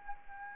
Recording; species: mosquito wingbeat signal from an infrared sensor; Anopheles arabiensis